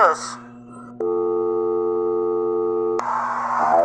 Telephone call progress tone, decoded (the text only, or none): dial tone